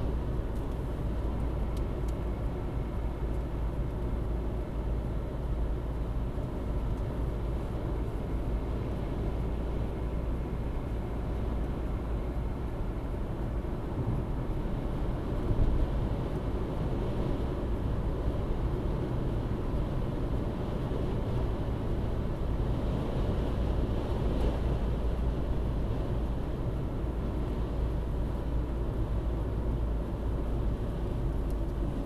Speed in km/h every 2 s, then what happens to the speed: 76, 76, 76, 74, 77, 79, 81, 82, 82, 81, 79, 79, 75, 76, 74, 66.
0-7 steady at about 76. 7-17 speeds up to 82. 17-32 slows to 66.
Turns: none.